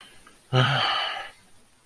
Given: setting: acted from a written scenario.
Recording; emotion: vocal sound without words; disappointment